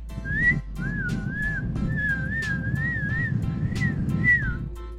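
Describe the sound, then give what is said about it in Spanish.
A whistled imitation of a bird singing: a steady, warbling high tone that wavers up and down in several connected phrases over a low, rumbling background, with no talking. “El pájaro canta.”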